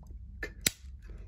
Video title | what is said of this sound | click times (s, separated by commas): LEVITON'S DIY OUTLETS ARE CHANGING THE GAME! ELECTRICIANS ARE SHOCKED | there's the click again | 0.7 s